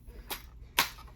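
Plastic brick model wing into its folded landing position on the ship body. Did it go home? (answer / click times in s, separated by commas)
yes / 0.8 s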